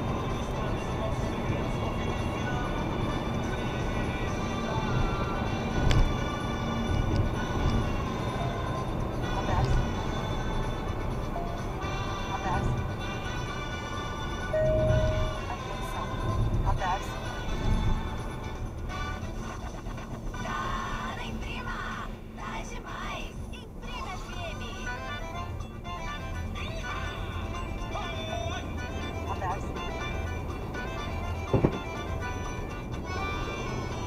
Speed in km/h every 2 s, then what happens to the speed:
133, 133, 133, 130, 120, 102, 91, 82, 68, 58, 50, 48, 48, 54, 63, 69, 78.
0-20 brakes to 50. 20-25 steady at about 48. 25-34 speeds up to 78.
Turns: none.